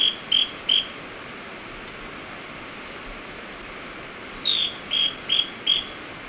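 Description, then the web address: Scale-crested pygmy-tyrant calls: three sharp, buzzy high chips in quick succession, a long pause, then a run of four similar chips. Recorded in Ecuador. "Birds of Ecuador 3. Scale-Crested Pygmy-Tyrant"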